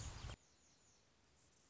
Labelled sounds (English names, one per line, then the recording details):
Anna's Hummingbird
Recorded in Sonoma County, California